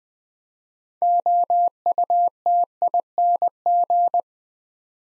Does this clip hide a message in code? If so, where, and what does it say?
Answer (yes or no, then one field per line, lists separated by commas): yes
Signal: Morse code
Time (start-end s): 1.0-4.2 s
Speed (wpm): 20 wpm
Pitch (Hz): 700 Hz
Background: none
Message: OUTING